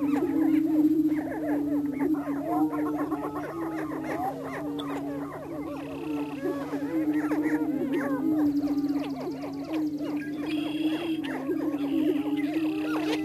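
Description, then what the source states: Greater prairie chickens in a long chorus: steady low booming beneath a dense stream of short cackles and whoops, with a few faint high tones. Missouri.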